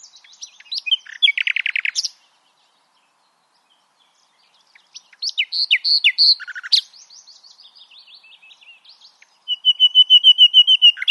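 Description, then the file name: Common nightingale song, a loud buzzy trill, silence, then a complex jumble of notes and a rapid repeated piping series. "Luscinia megarhynchos"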